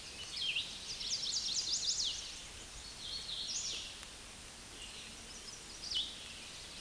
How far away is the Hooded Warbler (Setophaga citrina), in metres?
about 25 m